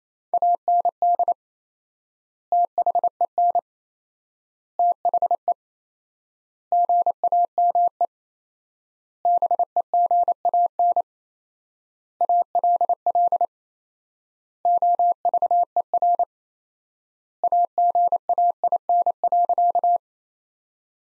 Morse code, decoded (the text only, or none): AND THEN THE GAME BEGAN ALL OVER AGAIN.